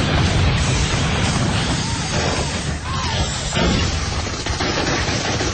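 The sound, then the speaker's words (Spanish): Gunfire from a group of fighters on a city street: a loud, relentless barrage blends with heavy crashing blasts into one dense, roaring wall of noise that barely eases for several seconds. “Los disparos los hacen caer violentamente, destrozándose al rodar por el asfalto convulsionado.”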